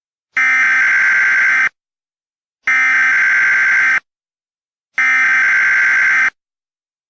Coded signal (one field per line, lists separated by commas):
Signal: Emergency Alert System (SAME) tones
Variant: header bursts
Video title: EAS Scenario - Nuclear Attack